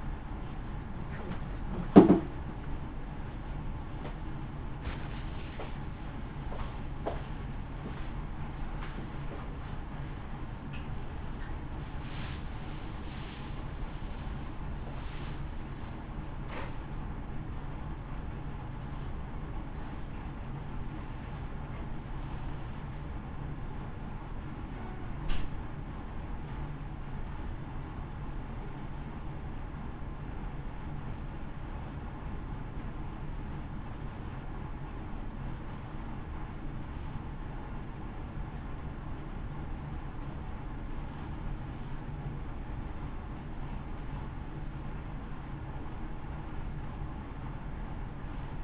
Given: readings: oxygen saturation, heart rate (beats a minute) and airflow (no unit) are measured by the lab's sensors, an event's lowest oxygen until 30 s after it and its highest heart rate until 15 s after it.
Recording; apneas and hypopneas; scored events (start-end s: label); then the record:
a person awake in a sleep study, by a smartphone at the bedside; none
0.00-48.64 s: awake
0.00-48.64 s: awake
From the record:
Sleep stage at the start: awake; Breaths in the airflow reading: 20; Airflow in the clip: -0.7 to 0.6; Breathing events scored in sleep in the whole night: 328 in 6.3 hours asleep